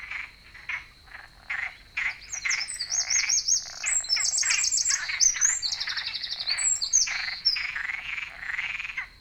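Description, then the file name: Eurasian wren song: an energetic high-pitched trill of rapidly repeated notes for several seconds, with repeated lower pulses beneath. "Troglodytes troglodytes"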